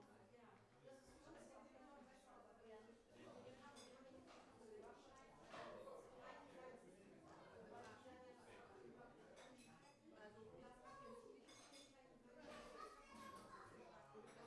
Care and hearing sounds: everyday scene through a hearing-aid microphone; many people talking; many voices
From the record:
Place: parish hall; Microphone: behind the ear, right, rear

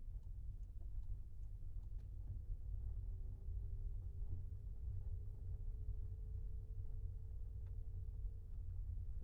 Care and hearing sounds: everyday scene through a hearing-aid microphone; in a vehicle; engine, rumble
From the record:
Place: Skoda Fabia, gasoline engine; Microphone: behind the ear, left, rear

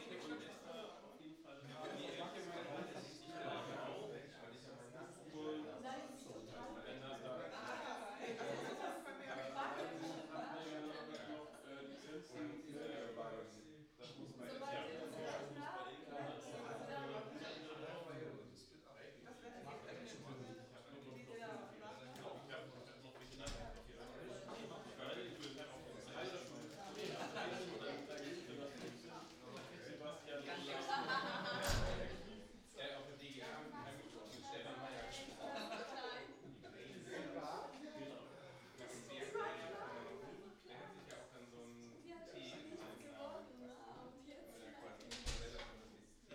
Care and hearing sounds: everyday scene through a hearing-aid microphone; many people talking; many voices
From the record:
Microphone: in the ear canal, right

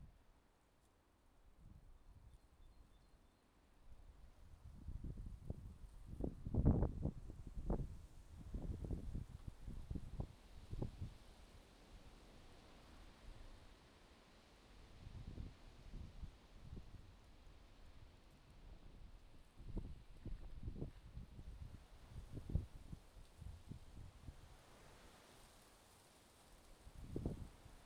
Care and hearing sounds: everyday scene through a hearing-aid microphone; wind on the microphone; wind, traffic, birds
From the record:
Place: suburban garden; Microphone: in the ear canal, left

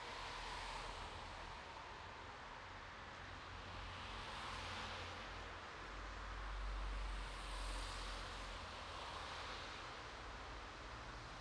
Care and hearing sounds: everyday scene through a hearing-aid microphone; in traffic; traffic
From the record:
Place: bus stop on a city main road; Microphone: in the ear canal, right

